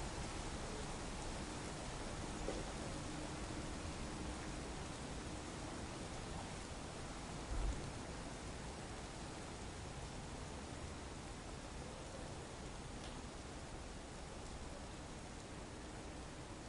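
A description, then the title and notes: Rainy city white noise: a dense, steady hiss of rain spread evenly from low rumble to bright top, with almost no change over the whole stretch. A brief low thump stands out near 7.5 seconds, and a faint short tone surfaces around 2.5 seconds. Rainy city white noise, urban white noise, city rainfall, ambient city sounds, rain noise.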